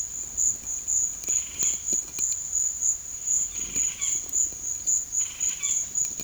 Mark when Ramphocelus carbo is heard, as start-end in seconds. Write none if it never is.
none